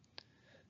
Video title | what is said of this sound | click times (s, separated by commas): Overcome Barriers to Productivity in HPLC | close the filter housing by hand until hearing a click this click sound | 0.2 s